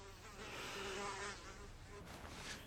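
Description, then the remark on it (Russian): A fly buzzes steadily with a thin, droning whine that wavers slightly in pitch, swelling briefly louder around the middle before continuing on its own with no voices. “Теперь она прижимает руки ко лбу и смотрит на муху.”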